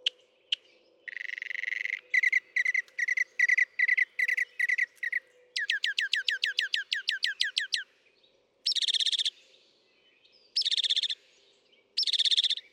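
Northern mockingbird song: a varied string of phrases, fast repeated buzzy trills, then a run of rapid downslurred notes, followed by harsh raspy bursts with pauses between them.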